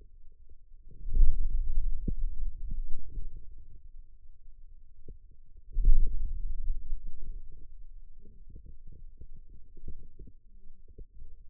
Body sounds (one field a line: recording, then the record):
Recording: forearm muscle sounds (acoustic myography)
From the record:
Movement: hand closing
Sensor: system 2, bracelet of six BSWA MPA416 microphones around the upper forearm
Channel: 6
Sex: male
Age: 22 years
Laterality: right